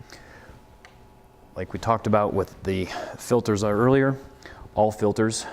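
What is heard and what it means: A detachable IPL handpiece, removed for service, is pushed back into its connector port on a Quanta Eterna IPL aesthetic laser console, and two short ticks sound at 0.1 s and 0.9 s as it snaps back in and seats. Someone then talks.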